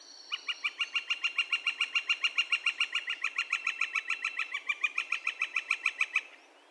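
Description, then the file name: Northern flicker calling in a steady, rapid series of many sharp, evenly spaced notes for about six seconds, then stopping. Calls; recorded 2 May 2020. "2020-05-02 Northern Flicker- Calls"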